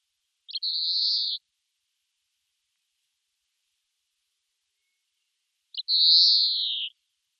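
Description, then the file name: European greenfinch giving two long, buzzy wheezing notes, each drawn out, about five seconds apart, with silence between them. "Chloris chloris"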